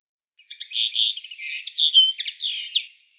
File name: konoplyanka obyknovennaya golos